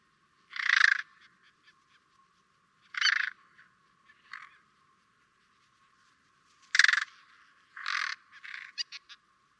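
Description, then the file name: Carrion crow cawing in harsh, spaced calls, a few caws early and a looser cluster of rasping notes later. "Corvus corone"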